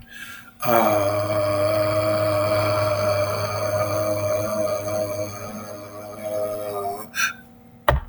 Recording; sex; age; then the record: vowel held as long as possible; male; 50 to 59 years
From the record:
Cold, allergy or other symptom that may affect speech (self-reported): no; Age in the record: 52 years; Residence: Missouri, United States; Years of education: 16